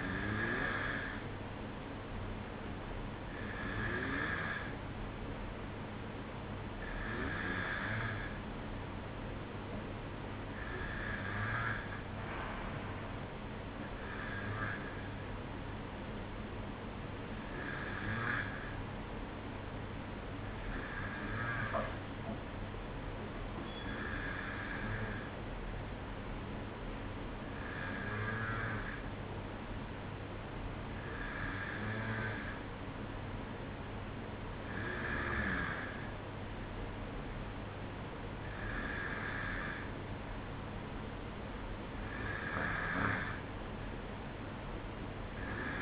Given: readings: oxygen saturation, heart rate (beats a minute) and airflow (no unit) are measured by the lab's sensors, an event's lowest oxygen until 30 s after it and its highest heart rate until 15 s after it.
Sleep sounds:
breathing in sleep by a voice recorder at the bedside; none
none scored
From the record:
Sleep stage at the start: N1 (lightest sleep); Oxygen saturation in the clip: 93 to 94%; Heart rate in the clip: 53 to 56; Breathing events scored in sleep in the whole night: 305 in 9.6 hours asleep

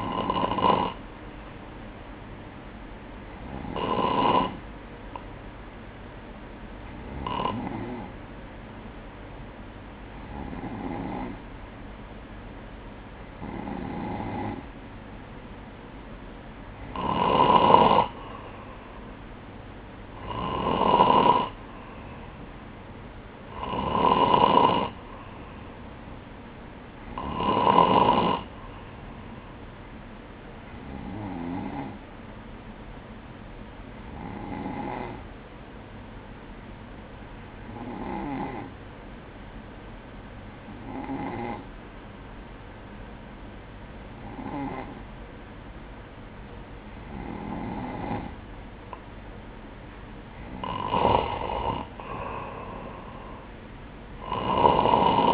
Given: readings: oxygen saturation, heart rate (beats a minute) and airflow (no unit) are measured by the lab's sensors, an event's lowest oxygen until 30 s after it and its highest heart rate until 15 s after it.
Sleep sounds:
breathing in sleep by a voice recorder at the bedside; none
none scored
From the record:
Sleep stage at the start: N2 (light sleep); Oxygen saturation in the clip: 94 to 95%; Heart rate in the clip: 59 to 64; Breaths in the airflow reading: 16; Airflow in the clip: -4.3 to 5.3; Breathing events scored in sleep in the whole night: 180 in 6.7 hours asleep

